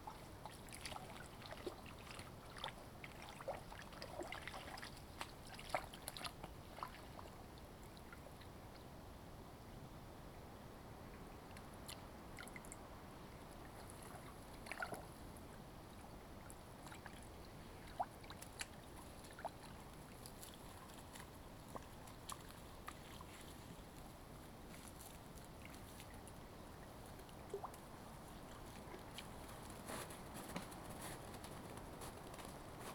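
An Ontario outdoor soundscape of steady low water-like rumble and wash, with scattered faint clicks and knocks throughout, a few sharper around 5–6 and 15 seconds.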